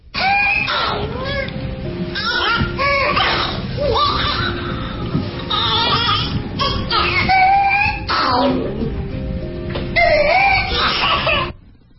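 A child with whooping cough (pertussis), a frightening sound.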